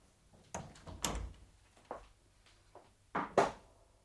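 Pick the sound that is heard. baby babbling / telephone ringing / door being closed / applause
door being closed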